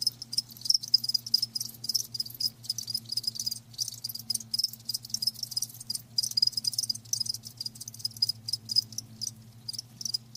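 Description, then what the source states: High-pitched cricket chirps in quick overlapping bursts, forming a steady pulsing chorus above a faint low drone. Live crickets chirping, a lulling song.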